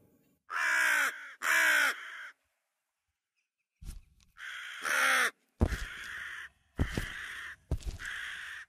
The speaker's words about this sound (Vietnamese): Bước đi được đến đầu con hẻm thì chợt một con quạ từ đâu bay liệng tới xà đậu xuống trước cái cột gỗ, rồi nó mở miệng kêu lớn lên những âm thanh đầy đáng sợ. Quạ kêu là điềm báo rằng sắp sửa có người sẽ phải chết.